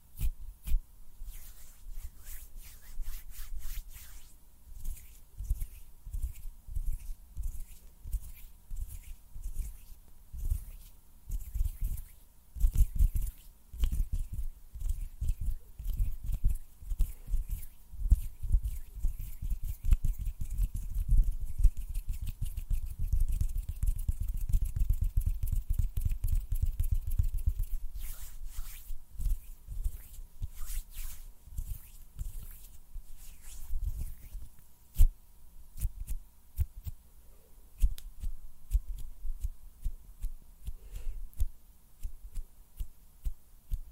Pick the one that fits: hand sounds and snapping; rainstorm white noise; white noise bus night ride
hand sounds and snapping